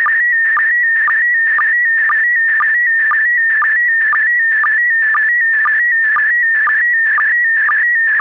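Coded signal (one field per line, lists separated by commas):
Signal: SSTV (slow-scan television)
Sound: warbling tone wandering around 2 kHz with a short low blip every half second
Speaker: We bring you experiments with Slow Scan TV images, mostly photos, and also several kinds of data transmission using Fldigi. We have a show sending some data, mostly SSTV images.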